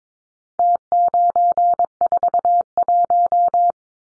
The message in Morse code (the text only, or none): T941